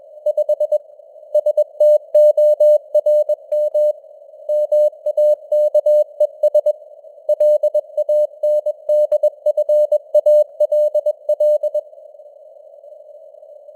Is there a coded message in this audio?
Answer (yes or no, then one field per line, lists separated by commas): yes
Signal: Morse code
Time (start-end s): 0.3-11.8 s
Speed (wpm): 21 wpm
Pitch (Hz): 600 Hz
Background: none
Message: 5 STORM MAKES LANDFALL